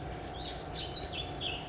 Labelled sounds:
Warbling Vireo
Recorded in Sonoma County, California

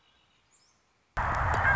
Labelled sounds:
Red-winged Blackbird
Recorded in Sonoma County, California

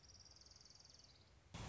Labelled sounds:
Orange-crowned Warbler
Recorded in Sonoma County, California

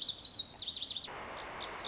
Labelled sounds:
Lazuli Bunting
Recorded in Sonoma County, California

